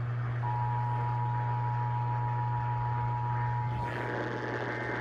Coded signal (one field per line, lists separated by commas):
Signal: Emergency Alert System (SAME) tones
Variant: 853 and 960 Hz attention tone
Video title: TEXAS OR TENNESSEE TEST... EAS Alerts From June 2026 (EAS#6,214 - 6,250)